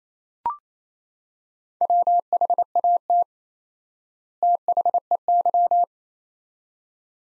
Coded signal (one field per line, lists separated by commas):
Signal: Morse code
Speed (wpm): 28 wpm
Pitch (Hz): 700 Hz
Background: none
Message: WHAT THEY